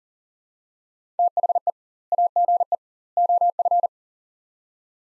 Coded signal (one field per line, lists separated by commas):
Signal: Morse code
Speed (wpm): 40 wpm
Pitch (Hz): 700 Hz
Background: none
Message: THE AGE OF